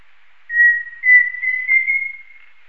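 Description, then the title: Pheasant cuckoo call, a single phrase of pure whistled notes that climb gently in pitch, the first longest and the rest shorter. "LuckyPassaro Completos2Sama. Pheasant Cuckoo (Dromococcyx phasianellus)"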